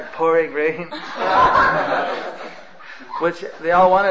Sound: laughter

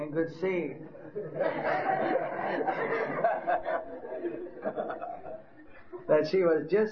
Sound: laughter

